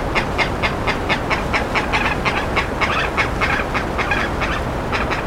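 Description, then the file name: Bird calling in quick, evenly spaced harsh notes, with a continuous low background rumble. "SABIOD 50 bird 2015"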